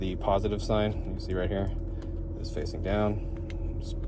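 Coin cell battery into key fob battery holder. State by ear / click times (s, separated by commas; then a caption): seated / 3.5 s. A CR2032 coin cell battery is pressed positive side down into the battery holder inside a 2017 Chevrolet Volt remote key fob while someone talks. A sharp click at 3.5 s marks the battery snapping into place and seating in the holder.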